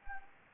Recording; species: mosquito wingbeat signal from an infrared sensor; Anopheles gambiae